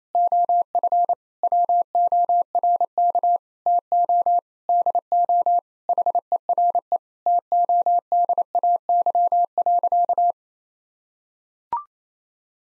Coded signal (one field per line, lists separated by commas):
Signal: Morse code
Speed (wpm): 28 wpm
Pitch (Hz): 700 Hz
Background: none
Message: OF WORK TO DO HERE TODAY.